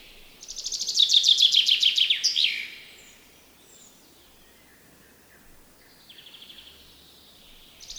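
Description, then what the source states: Common chaffinch song, a brisk descending series of rattling notes closing with a quick flourish, followed by quiet stretches and softer bird notes. Common Estonian bird sound, spring.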